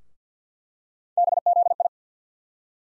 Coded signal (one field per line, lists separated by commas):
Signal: Morse code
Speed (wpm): 50 wpm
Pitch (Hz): 700 Hz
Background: none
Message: BZI